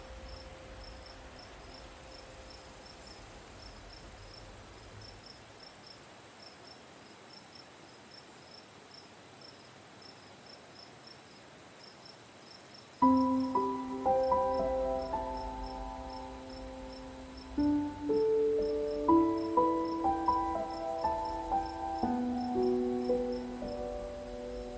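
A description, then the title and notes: Crickets chirp steadily through the whole clip: a high, even shimmer with a faint pulsing trill underneath. Around thirteen seconds a soft piano enters, playing slow, gently ringing chords and single notes that fade between each new touch. Relaxing Sleep Music and Night Nature Sounds - Soft Crickets, Beautiful Piano, Deep Sleep Music.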